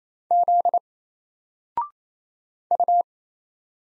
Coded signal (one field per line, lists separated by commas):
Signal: Morse code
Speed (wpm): 27 wpm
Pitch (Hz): 700 Hz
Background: none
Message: Z U